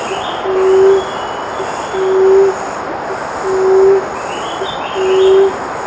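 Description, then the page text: Emerald dove giving low, soft hooting coos, each about half a second long, repeated four times at steady intervals of roughly one and a half seconds over a constant hiss. "Emerald Dove Call. Quick Sounds"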